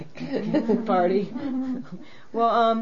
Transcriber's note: they laugh